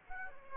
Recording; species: mosquito wingbeat signal from an infrared sensor; Aedes aegypti